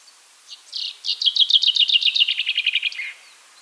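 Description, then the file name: Common chaffinch song: a rapid, bright trill of repeated notes that slides gradually downward over about two and a half seconds, ending in a short flourish. "Fringilla coelebs"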